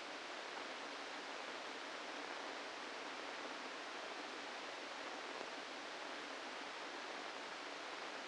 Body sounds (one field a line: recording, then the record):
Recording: brain microelectrode recording played as sound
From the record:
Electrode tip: inside the subthalamic nucleus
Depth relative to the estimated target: 0 mm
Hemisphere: right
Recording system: NeuroSet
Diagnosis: Parkinson's disease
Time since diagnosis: 8 years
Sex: male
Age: 65 years